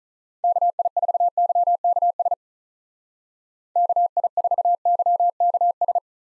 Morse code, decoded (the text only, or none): KI4YKS KI4YKS